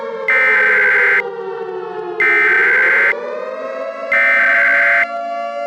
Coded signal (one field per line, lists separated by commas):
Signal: Emergency Alert System (SAME) tones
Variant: header bursts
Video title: EAS Short Protesters attacking Los Angeles and San Francisco Copyright©️MTV/EmergencyAlertSystem